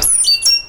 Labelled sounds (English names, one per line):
Stitchbird song